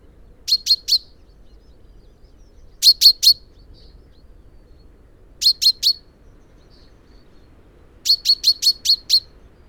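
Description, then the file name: Common chaffinch calls: short sharp high chinks in bursts of three to six, repeated every two to three seconds over a quiet background. "Fringilla coelebs"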